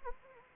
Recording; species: mosquito wingbeat signal from an infrared sensor; Anopheles arabiensis